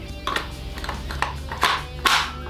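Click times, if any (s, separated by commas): 1.2 s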